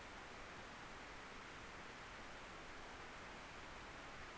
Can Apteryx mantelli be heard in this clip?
no